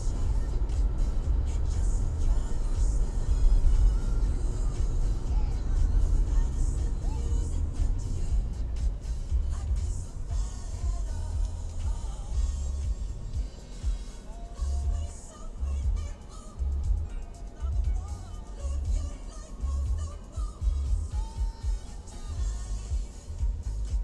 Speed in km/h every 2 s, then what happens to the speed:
47, 46, 41, 16, 13, 6, 0, 0, 0, 0, 0, 0.
0-12 brakes to 0. 12-24 standing.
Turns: none.